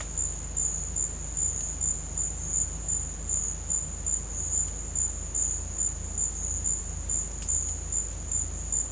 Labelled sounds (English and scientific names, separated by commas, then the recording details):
none
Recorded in dense forest near Puerto Asís, Putumayo, Colombia, on 22 December 2024 at 10:30
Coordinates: 0.481, -76.323
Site G100